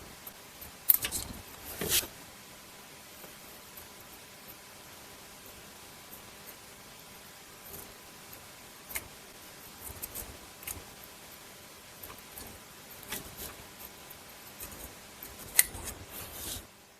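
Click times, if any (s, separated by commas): 0.9 s, 15.6 s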